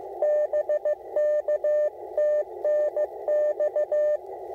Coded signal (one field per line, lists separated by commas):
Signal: Morse code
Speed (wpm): 16 wpm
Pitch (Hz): 600 Hz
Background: none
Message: BK TNX